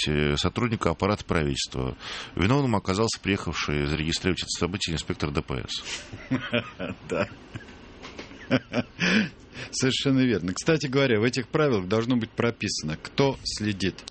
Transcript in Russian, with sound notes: сотрудника аппарата правительства. Виновным оказался приехавший зарегистрировать это событие инспектор ДПС. (СМЕЕТСЯ)
Совершенно верно. Кстати говоря, в этих правилах должно быть прописано, кто следит.